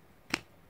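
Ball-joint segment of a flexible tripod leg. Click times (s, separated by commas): 0.3 s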